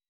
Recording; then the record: hydrophone in a shrimp aquaculture tank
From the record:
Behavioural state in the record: weakened